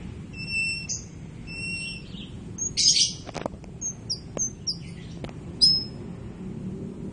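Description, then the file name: White-crowned forktail calls: a few high, thin whistled notes with harmonics, some sliding downward, scattered among soft clicks and a low background rumble. "meniinting besar"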